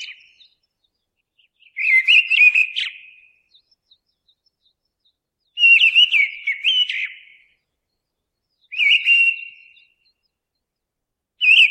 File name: mistle thrush